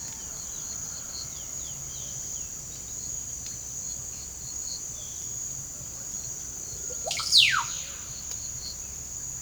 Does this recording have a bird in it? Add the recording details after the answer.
yes. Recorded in pastures near Puerto Asís, Putumayo, Colombia, on 30 June 2025 at 13:30. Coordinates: 0.497, -76.327. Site G040